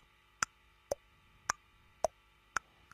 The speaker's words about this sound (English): You can hear that tick, tick, tick. It's like the metronome that was on my piano when I took lessons. Like the clock you have in your house.